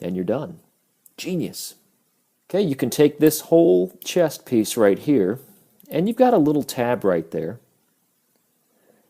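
Someone talks while handling the plastic chest piece of a Takara Masterpiece MP-14 Red Alert transforming robot figure, pointing out the small tab that fits into the figure's body slot. Nothing has seated or clicked yet; the tab is still not home when the clip ends.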